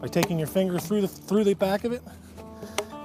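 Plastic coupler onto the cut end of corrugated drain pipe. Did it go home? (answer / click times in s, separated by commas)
yes / 2.8 s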